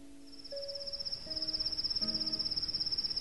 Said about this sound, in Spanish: Oh canto del grillo por la madrugada, cuando, corridos de escalofríos, Platero y yo nos vamos a la cama por las sendas blancas de relente. La luna se cae, rojiza y soñolienta. Ya el canto está borracho de luna, embriagado de estrellas